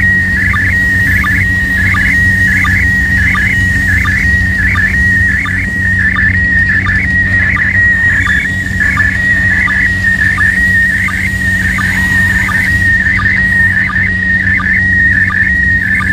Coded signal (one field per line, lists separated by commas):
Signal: SSTV (slow-scan television)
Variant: PD 90